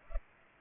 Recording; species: mosquito wingbeat signal from an infrared sensor; Culex pipiens